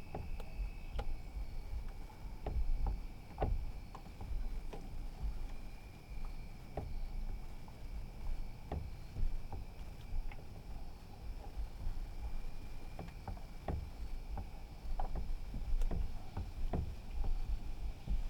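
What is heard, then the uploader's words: Water laps gently against a small dock, a soft, low churning that never stops. Light knocks and splashes arrive irregularly every second or so. Thin, steady high tones sit faintly behind it, with a brief chirp near the start. Water Touching Gently A Small Dock at Night.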